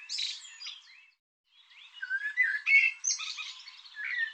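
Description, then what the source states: Bird singing a busy, jumbled stream of chirps, trills and whistled slurs, pausing briefly before continuing. Bird labelled 'Tu Me Tu Me'.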